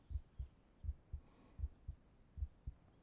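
Normal adult heartbeat heard close up, with clear paired lub-dub sounds at about 80 beats per minute, continuing while the listener is being hugged.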